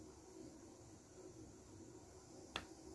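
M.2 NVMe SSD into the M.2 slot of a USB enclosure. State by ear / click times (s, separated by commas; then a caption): seated / 2.6 s. An M.2 NVMe SSD is pushed further into the M.2 slot of a USB enclosure. After about 2.5 seconds of quiet background hiss, a single sharp snap-like click sounds at 2.6 seconds as the SSD clicks into place and is seated.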